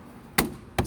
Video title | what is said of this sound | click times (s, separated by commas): Hummer H2 Window Regulator Replacement | snaps into place | 0.4 s, 0.8 s